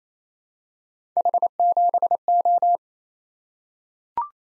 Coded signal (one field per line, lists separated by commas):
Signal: Morse code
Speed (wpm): 28 wpm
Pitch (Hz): 700 Hz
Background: none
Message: H7O